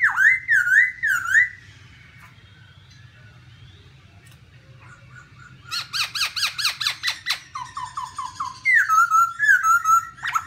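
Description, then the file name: Black-throated laughingthrush whistling looping phrases, a quiet gap, then rapid buzzy chattering notes followed by more bright wavering whistles. "tieng khuou bac ma hot"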